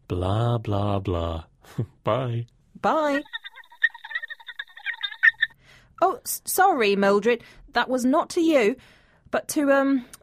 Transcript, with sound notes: Blah blah blah... Bye.
Bye. (on the phone) Oh, sorry, Mildred, that was not to you, but to...